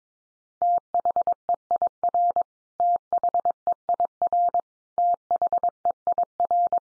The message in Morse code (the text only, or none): THEIR THEIR THEIR